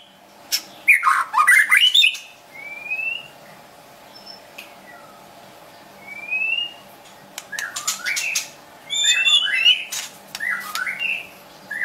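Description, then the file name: White-rumped shama song: bursts of harsh chattering notes alternating with clear rising whistles and slurred phrases, with pauses between. Wild bird from forest near Medan, singing actively (gacor). "suara burung murai batu hutan medan gacor"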